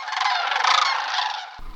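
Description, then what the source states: Sandhill cranes giving a rolling, rattling call that cuts off abruptly. Heard overhead in Boulder around the second week of October; often heard before seen.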